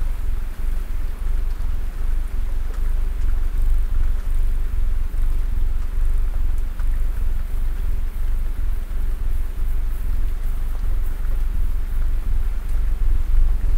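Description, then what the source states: Domestic cat purring, a low throbbing drone throughout. Domestic cat purring while snuggling.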